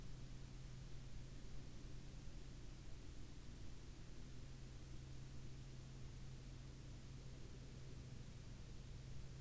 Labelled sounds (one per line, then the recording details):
aircraft
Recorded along the Dalton Highway, Alaska, on 21 April 2019 at 09:45
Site 10